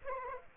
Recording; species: mosquito wingbeat signal from an infrared sensor; Aedes aegypti